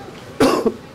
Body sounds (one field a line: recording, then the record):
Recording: coughing mixed with background sound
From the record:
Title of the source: Coughing 77